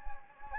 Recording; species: mosquito wingbeat signal from an infrared sensor; Anopheles gambiae